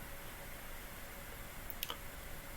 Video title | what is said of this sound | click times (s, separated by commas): 🔒 Protégez votre maison ! Pose d’un barillet haute sécurité + poignée blindée - Métier de serrurier | Et vous fermez la porte. Donc, sur une automatique, vous mettez le clac, quoi. | 1.8 s